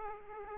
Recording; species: mosquito wingbeat signal from an infrared sensor; Aedes aegypti